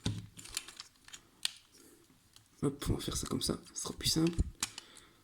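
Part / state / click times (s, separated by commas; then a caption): plastic toy part into the figure's body / seated / 4.6 s. A plastic part of a Transformers Studio Series Voyager Class Long Haul toy is pressed into the figure's body while someone talks, with light plastic clicks and handling noise throughout. A sharp snap at 4.6 s marks the part clipping into place.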